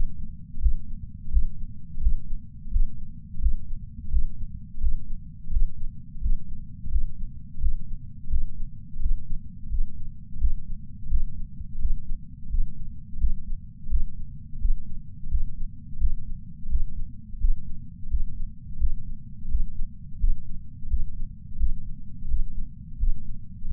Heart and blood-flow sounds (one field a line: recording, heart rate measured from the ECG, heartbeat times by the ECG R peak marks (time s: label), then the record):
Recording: heart sounds by patch sensor on the chest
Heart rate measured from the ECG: 86 bpm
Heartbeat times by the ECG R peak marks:
0.60 s: heartbeat
1.30 s: heartbeat
2.00 s: heartbeat
2.71 s: heartbeat
3.40 s: heartbeat
4.10 s: heartbeat
4.80 s: heartbeat
5.50 s: heartbeat
6.21 s: heartbeat
6.90 s: heartbeat
7.60 s: heartbeat
8.29 s: heartbeat
9.00 s: heartbeat
9.69 s: heartbeat
10.39 s: heartbeat
11.09 s: heartbeat
11.78 s: heartbeat
12.49 s: heartbeat
13.18 s: heartbeat
13.89 s: heartbeat
14.59 s: heartbeat
15.29 s: heartbeat
15.98 s: heartbeat
16.68 s: heartbeat
17.39 s: heartbeat
18.09 s: heartbeat
18.78 s: heartbeat
19.48 s: heartbeat
20.19 s: heartbeat
20.88 s: heartbeat
21.58 s: heartbeat
22.28 s: heartbeat
22.98 s: heartbeat
23.67 s: heartbeat
From the record:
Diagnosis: coronary artery disease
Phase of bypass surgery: postoperative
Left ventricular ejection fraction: 53.3%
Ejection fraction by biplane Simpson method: 55.1%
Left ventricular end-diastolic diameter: 44 mm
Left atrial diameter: 43 mm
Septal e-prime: 6 cm/s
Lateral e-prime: 8.6 cm/s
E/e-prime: 11.9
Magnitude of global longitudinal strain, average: 15.4%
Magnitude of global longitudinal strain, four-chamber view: 16.2%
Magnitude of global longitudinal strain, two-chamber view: 15.5%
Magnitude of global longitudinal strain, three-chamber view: 14.5%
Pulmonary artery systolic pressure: 30 mmHg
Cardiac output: 3.65 L/min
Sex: male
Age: 64 years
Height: 175 cm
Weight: 85 kg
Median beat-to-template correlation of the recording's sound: 0.88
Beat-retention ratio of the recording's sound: 1.00